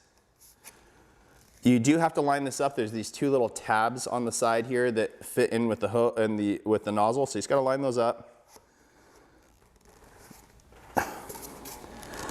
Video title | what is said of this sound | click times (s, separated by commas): Best Budget Carpet Extractor - Vacmaster, Hart, Bissell Spot Clean Pro | here we go and then twist it and it locks into place | 11.0 s